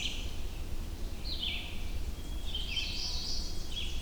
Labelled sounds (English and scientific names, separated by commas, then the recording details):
Red-eyed Vireo (Vireo olivaceus) song
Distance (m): 40 m
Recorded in boreal forest in Alberta, Canada, on 21 June 2016 at 06:49
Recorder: SongMeter 3, array SBT-6-81
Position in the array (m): 15 m, 186 m